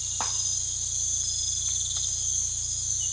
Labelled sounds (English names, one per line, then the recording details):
none
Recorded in pastures near Puerto Asís, Putumayo, Colombia, on 16 December 2024 at 04:30
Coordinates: 0.472, -76.329
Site G072